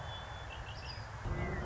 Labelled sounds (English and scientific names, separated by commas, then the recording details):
Red-winged Blackbird (Agelaius phoeniceus)
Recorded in Sonoma County, California